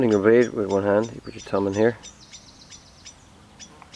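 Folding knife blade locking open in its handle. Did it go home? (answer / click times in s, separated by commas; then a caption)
no / none. A Victorinox rescue tool's folding knife blade is handled while someone talks, with faint high chirps in the background, before being opened one-handed with the thumb placed in the blade opening to swing the blade round into its handle lock. The clip ends before the blade locks open, so nothing has seated or clicked yet.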